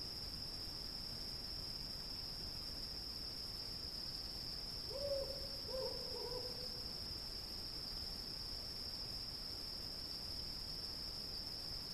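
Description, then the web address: Cricket trilling continuously on one high pitch, with a few short, low hoot-like notes in the middle. "сверчки"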